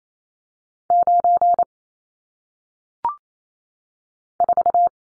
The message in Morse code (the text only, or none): 9 4